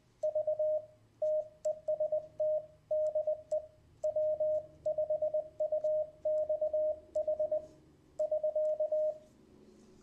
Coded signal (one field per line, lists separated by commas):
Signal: Morse code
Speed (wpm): 20 wpm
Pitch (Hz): 620 Hz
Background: radio noise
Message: V TEST DE W5UXH <SK>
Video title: W5UXH Keyer 2014